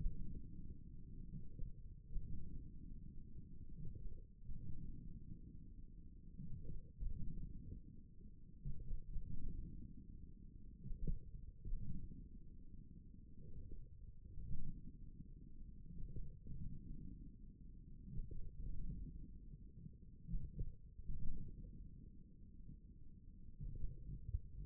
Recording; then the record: forearm muscle sounds (acoustic myography)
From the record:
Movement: wrist flexion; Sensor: system 1, eight BSWA MPA416 microphones around the upper forearm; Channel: 1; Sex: male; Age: 41 years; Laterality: right